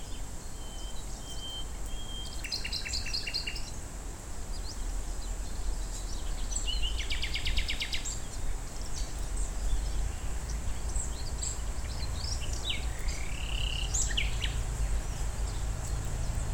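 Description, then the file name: Common nightingale delivering a whistle followed by buzzy, rapidly repeated notes and mixed twittering phrases, with a continuous low rumble in the background. Recorded at Fort Vechten on 1 May 2026. "Nachtegaal-Ford-Vechten 2026-05-01-1508-May 1"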